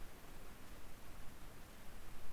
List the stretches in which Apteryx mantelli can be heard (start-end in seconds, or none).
none